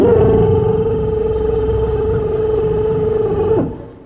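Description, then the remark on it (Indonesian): A voice imitates a washing machine, loaded with cloth, batik, a turban, socks and a child's trousers, running after its button is pressed: one steady, loud, mid-pitched droning hum over a low rumble, held for about three and a half seconds before it dips and fades. “Masuk. Dipencet tombol mesin cuci.”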